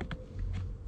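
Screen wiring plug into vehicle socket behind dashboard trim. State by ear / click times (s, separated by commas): not seated / none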